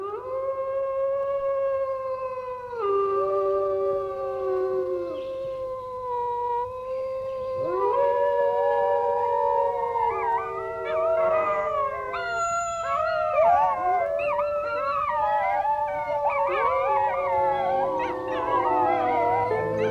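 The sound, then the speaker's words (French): Wolves howl in long, sustained tones that slowly rise and fall, first one or two voices, then a growing chorus of overlapping, wavering howls at steady loudness with no talking. “voici le langage des loups et des animaux en général.”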